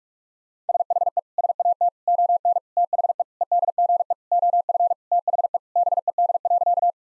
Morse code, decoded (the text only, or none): SHE SAT ON THE EDGE OF THE BED.